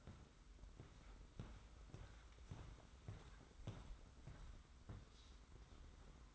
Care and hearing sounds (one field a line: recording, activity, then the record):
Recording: daily activity, microphone in the room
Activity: walk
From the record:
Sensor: 3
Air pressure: 990.6 hPa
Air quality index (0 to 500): 168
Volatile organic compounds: 1000 ppm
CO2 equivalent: 5440 ppm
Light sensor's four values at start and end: 41/98/40/38 and 38/92/37/35